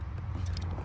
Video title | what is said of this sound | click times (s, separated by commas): Twin Flag Garage - C5 Corvette LMC5 Brown Wire Mod | it down pop into place | 0.6 s